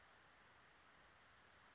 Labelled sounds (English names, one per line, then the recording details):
Western Flycatcher
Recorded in Sonoma County, California